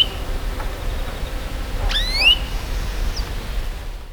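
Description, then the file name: European greenfinch call: one sharp descending sweep running into a rising whistle, with a faint thin note shortly after, over low background hum. "Chloris chloris"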